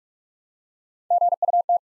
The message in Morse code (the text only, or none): GUT